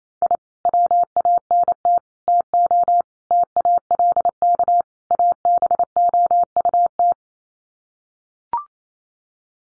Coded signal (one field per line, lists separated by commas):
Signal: Morse code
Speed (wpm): 28 wpm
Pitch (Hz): 700 Hz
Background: none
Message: I WANT TO TALK ABOUT